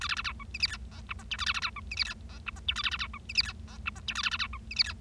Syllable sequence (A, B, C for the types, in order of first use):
A B B C D E F G H I J K A B B C D E F G H I J K A B B C D E F G H I J K A B B C D E F G